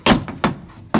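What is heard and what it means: The interior door panel of a 1973–1987 GM truck, whose parts are old and weak, is lifted straight up so its plastic retaining clips pop free from the door. A faint crack at 0.3 s leads into sharp popping, cracking snaps at 0.4 and 0.9 s as the clips release. The panel comes loose, and it is uncertain whether anything actually cracked.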